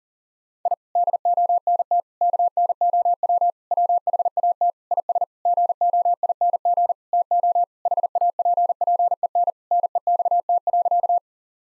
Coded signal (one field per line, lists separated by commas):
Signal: Morse code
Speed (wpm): 37 wpm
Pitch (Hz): 700 Hz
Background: none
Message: I DONT KNOW WHAT IS GOING TO HAPPEN NEXT.